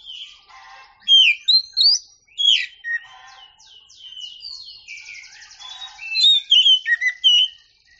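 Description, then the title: Oriental magpie-robin singing rich whistled phrases mixed with quick descending chips and a buzzy trill, the loud notes clustered in several energetic bursts. Champion singing bird. "Kicau Burung Kacer Juara"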